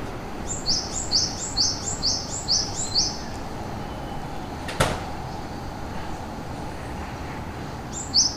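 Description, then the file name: Bird uttering a fast run of six high, stepped chirps, then a sharp click and quiet, before another chirp starts at the end. Shinagawa, March 2008. "bird shinagwa-200803"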